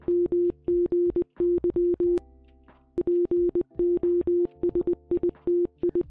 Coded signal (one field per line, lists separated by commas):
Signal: Morse code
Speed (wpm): 20 wpm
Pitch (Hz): 350 Hz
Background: none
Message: MGY POSITI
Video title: SOS from the TITANIC! Morse Code (CW) Log from 1912